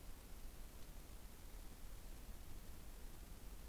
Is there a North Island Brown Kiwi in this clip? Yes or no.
no